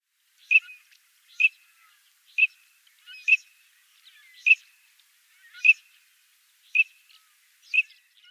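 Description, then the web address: Green-winged teal giving short, high, clipped whistles, single notes repeated roughly once a second, eight in all, against silence. "Zoo Field Guide"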